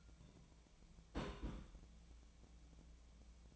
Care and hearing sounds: daily activity, microphone in the room; place on stove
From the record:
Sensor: 1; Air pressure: 1010.0 hPa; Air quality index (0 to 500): 187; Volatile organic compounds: 17 ppm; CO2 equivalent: 2569 ppm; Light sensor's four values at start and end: 38/96/40/49 and 38/97/41/50

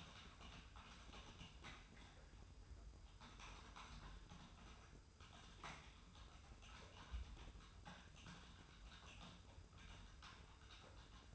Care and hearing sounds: daily activity, microphone in the room; typing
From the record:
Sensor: 2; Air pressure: 990.8 hPa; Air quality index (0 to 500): 144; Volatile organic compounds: 297 ppm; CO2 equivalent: 4474 ppm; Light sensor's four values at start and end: 28/69/27/29 and 28/69/27/29

